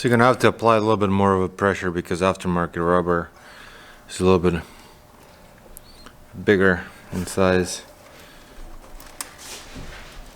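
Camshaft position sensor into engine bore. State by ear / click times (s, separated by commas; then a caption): not seated / none. A replacement camshaft position sensor with an oversized aftermarket rubber O-ring is pushed with firm pressure into its bore in a Nissan Murano engine while someone talks, with a few faint taps and handling sounds in the quieter stretches. The sensor has not seated or clicked into place yet.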